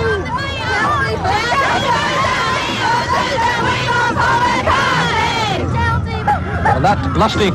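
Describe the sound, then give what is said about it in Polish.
A crowd of girls on a ship shrieks and shouts excitedly in the rain in 1963, many high-pitched voices overlapping in a loud, continuous din that swells and wavers, easing briefly toward the end before rising again. “Okrzyki pełne pożądania dobiegają ze statka dziewcząt.”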